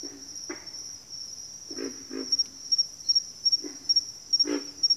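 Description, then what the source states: Pig frogs grunting: short, low, throaty grunts in single and paired bursts, over a steady high-pitched insect drone throughout. Bayou habitat, several pig frogs.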